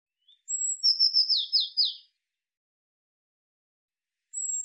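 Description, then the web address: Eurasian blue tit call with a sharp high whistle leading into several buzzy descending churrs; another call begins at the very end. "cianscape birddata Deverinetal 2025 File cleaned normalized Bird Cy Ca"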